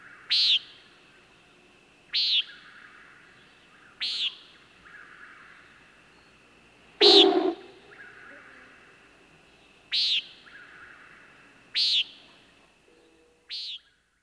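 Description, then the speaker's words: Common Nighthawk giving repeated short nasal calls, with one louder, broader burst near the middle. Male courtship display: dives silently toward the ground in the dark sky and swoops up, wings making an explosive ruffled sound. "an incredible courtship display. Scarcely visible in the dark sky, he silently dives toward the ground and then swoops up at the last moment, making an explosive ruffled sound with his wings."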